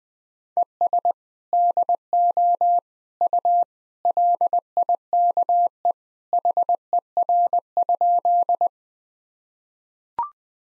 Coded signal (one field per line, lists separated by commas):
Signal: Morse code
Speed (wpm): 21 wpm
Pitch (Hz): 700 Hz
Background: none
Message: ES DO U LIKE HER?